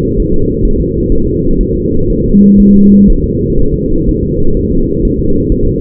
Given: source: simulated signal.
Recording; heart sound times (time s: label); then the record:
fetal heart sounds
0.20 s: S1
0.34 s: S2
0.65 s: S1
0.80 s: S2
1.12 s: S1
1.27 s: S2
1.61 s: S1
1.75 s: S2
2.10 s: S1
2.25 s: S2
2.60 s: S1
2.74 s: S2
3.10 s: S1
3.24 s: S2
3.59 s: S1
3.74 s: S2
4.09 s: S1
4.23 s: S2
4.57 s: S1
4.72 s: S2
5.05 s: S1
5.20 s: S2
5.52 s: S1
5.67 s: S2
From the record:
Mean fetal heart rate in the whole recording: 130 bpm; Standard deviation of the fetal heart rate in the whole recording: 4 bpm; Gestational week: 38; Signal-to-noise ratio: -17.7 dB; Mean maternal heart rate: 72 bpm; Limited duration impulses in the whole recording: present